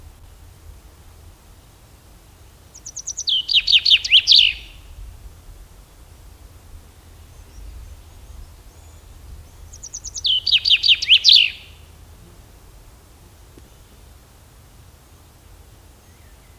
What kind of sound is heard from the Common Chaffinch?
song